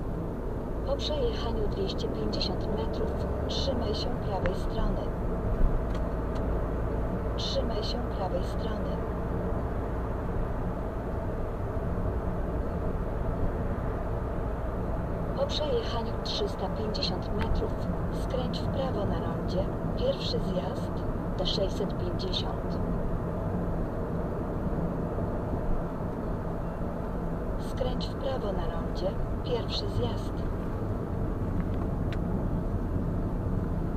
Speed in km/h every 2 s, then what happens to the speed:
52, 61, 62, 63, 63, 64, 63, 63, 60, 54, 53, 56, 56, 57, 51, 45, 41.
0-3 speeds up to 62. 3-15 steady at about 63. 15-18 slows to 54. 18-26 steady at about 56. 26-34 slows to 41.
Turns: 16-24.